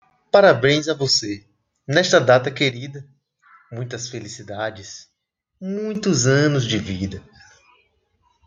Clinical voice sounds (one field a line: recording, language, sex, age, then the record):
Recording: short text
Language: Brazilian Portuguese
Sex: female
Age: 30 to 39 years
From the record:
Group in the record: control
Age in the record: 30 years